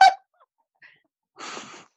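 A short, harsh, rattling snort of about half a second follows a brief sharp sound at the start. It is an adult woman's deliberate imitation of her own loud, coarse snoring, which occurs when she takes a lot of Benadryl; not a real sleeping snore.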